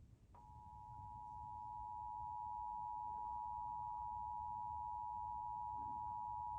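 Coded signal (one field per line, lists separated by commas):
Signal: Emergency Alert System (SAME) tones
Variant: 853 and 960 Hz attention tone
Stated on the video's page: National EAS test relayed on local TV stations.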